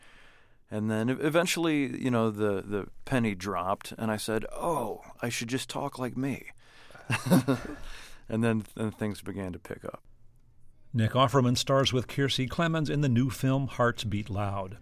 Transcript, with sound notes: And then eventually, you know, the penny dropped. And I said, oh, I should just talk like me (laughter). And then things began to pick up.
Nick Offerman stars with Kiersey Clemons in the new film "Hearts Beat Loud."